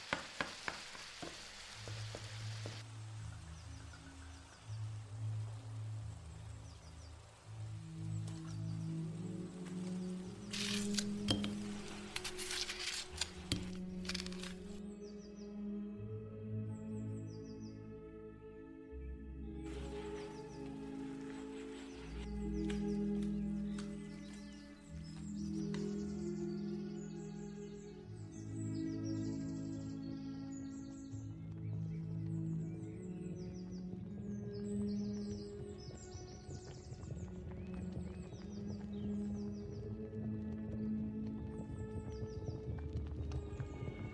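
Old-time music plays steadily, with a warm walking bass line and sustained melody notes throughout. Kitchen clatter breaks in around eleven to fourteen seconds and again near twenty, with light tapping and clip-clop-like knocks scattered over the tune.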